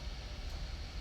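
A butane gas canister is being set into a camp stove's canister holder, its small notch lined up with the stove's slot. Only a steady low rumble and broad hiss are heard, with no sharp hits. Nothing has seated or clicked yet; the canister is only placed, not pressed down to feed gas.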